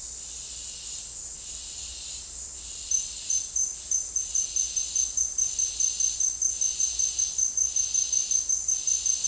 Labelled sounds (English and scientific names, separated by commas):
none